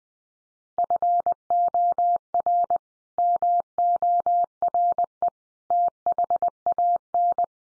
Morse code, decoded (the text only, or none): FOR MORE THAN